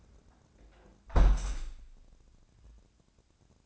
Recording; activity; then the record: daily activity, microphone in the room; close window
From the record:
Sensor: 2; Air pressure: 1012.1 hPa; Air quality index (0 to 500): 92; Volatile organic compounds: 1 ppm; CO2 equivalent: 701 ppm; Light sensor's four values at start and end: 124/296/123/125 and 129/309/129/131